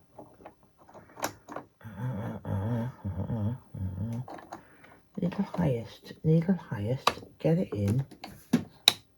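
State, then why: Seated. With the needle raised, a bobbin case is pushed back into the hook area of a sewing machine during cleaning while someone talks. It seats with a sharp click at 8.9 s, and it is confirmed in place.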